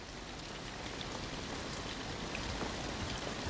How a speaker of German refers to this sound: Regnet es? Na hör doch, es trischt.